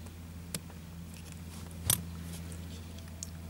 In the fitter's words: wenn der wenn das Inlay richtig eingerastet ist